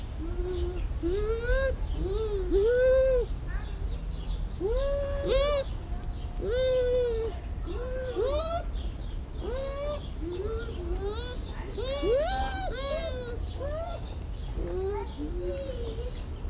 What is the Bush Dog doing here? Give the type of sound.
call